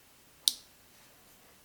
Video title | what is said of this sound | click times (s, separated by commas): How to Wind a Bobbin on a Vintage Sewing Machine: Sewmor 606 and Replace Bobbin Winder | you go and it kind of snaps in place and you can | 0.5 s